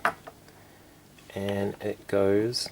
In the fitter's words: Builder Droid you just pop it off